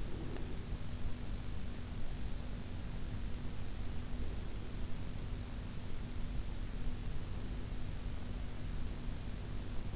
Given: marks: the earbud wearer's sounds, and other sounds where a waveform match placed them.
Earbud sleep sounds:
sounds in sleep by an in-ear microphone; breath
0.00-0.58 s: breath

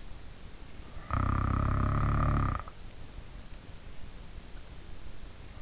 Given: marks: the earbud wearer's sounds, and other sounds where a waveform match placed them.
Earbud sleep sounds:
sounds in sleep by an in-ear microphone; snoring breath
0.90-2.85 s: snoring breath

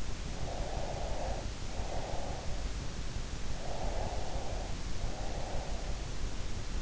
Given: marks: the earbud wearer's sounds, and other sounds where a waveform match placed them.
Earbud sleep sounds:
sounds in sleep by an in-ear microphone; breath
0.43-2.70 s: breath
3.54-6.06 s: breath

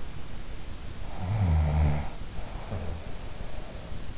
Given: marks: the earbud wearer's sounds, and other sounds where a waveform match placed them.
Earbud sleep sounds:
sounds in sleep by an in-ear microphone; snoring breath
0.89-3.67 s: snoring breath

